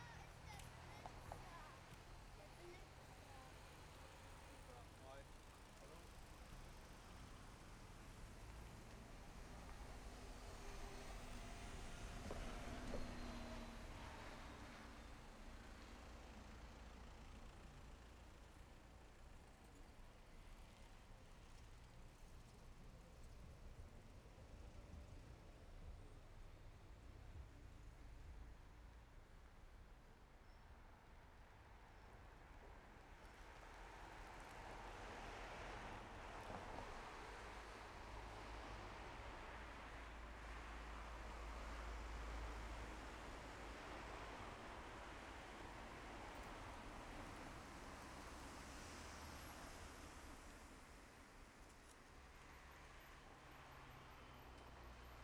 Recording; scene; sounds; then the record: everyday scene through a hearing-aid microphone; in traffic; traffic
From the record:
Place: main road on the outskirts, rush hour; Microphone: behind the ear, left, front